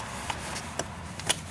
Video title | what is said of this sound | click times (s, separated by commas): How to Get Car Seat Installed for Free Fire Dept. Approved...Part 1 | clip it right on there you can usually hear a click | 1.3 s